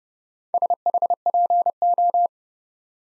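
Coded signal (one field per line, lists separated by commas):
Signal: Morse code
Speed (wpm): 29 wpm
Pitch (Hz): 700 Hz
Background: none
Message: SHPO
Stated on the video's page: Four-character letter-number practice at 25 wpm, starting fast and slowing to a base speed; fastest is 1.5 times slowest, final repeat at maximum speed.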